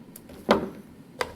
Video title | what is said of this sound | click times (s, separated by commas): PRIED Initial Setup and Equipment Check | and then go ahead and lock down and you will hear a snap and backwards pressure won't fall out | 0.5 s, 1.2 s